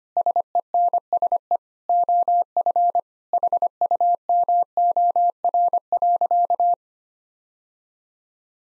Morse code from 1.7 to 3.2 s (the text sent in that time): OF